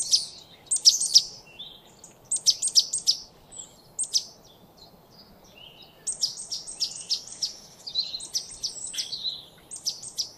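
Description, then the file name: Great tit calls, bright high chirping notes in short bursts with pauses between, then a busier run of chattering notes in the second half. "Parus major"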